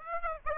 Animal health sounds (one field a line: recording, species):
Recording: mosquito wingbeat signal from an infrared sensor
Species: Aedes aegypti